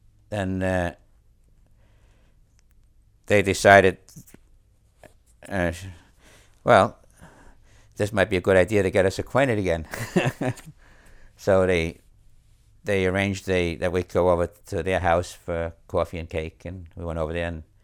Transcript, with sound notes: they decided, well, it might be a good idea to get us acquainted again (he laughs) So they arranged that we would go over to their house for coffee and cake and we went over there